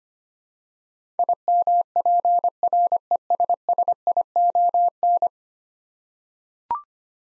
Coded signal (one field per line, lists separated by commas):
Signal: Morse code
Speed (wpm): 25 wpm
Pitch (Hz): 700 Hz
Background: none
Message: IMPRESSION